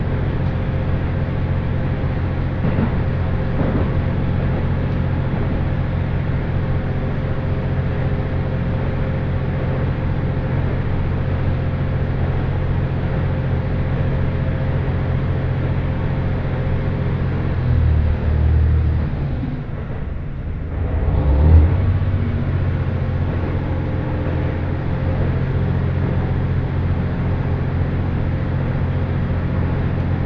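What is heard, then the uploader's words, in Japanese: A single-car GV-E400 hybrid train runs with a steady low engine drone and hum, easing briefly around twenty seconds before resuming. 津軽線 蟹田→津軽二股。列車はGV-E400系の1両で、いわゆるハイブリッド車になります。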